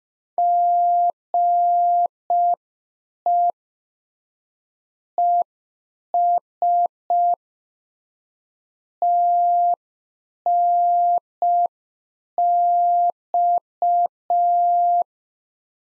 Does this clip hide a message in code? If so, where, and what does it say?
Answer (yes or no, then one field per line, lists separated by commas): yes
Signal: Morse code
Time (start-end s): 0.4-15.0 s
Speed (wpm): 5 wpm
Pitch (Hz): 700 Hz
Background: none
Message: GE ES TNX